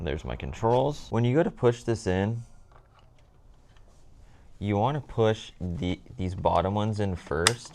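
Someone talks while handling and lining up the plastic control panel against the dash bezel of a 2014-2018 Chevrolet Silverado/GMC Sierra before its clips are pushed home. During a quiet pause from about 2.5 to 4.5 s, only faint light handling taps are heard, near 2.7, 2.8, 3.2 and 3.8 s. Nothing has seated or clicked yet.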